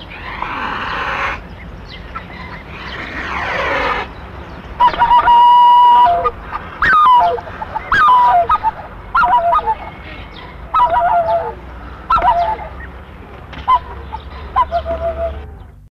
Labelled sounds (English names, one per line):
Black-necked Swan call